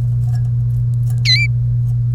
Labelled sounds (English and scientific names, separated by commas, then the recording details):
Domestic Canary (Serinus canaria) song
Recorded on 1 May 2018 at 08:01
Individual llb3